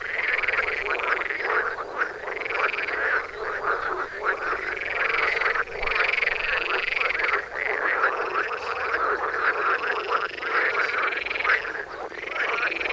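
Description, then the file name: Frogs calling in a dense chorus, repeated arching trilled notes above constant croaking. "toms frogs for wilson"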